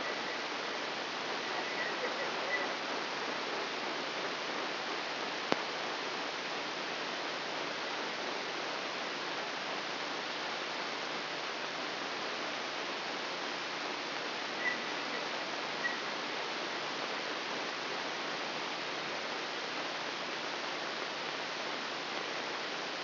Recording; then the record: brain microelectrode recording played as sound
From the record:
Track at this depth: inside the subthalamic nucleus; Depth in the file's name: 3.508 mm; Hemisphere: left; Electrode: 3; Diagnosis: Parkinson's disease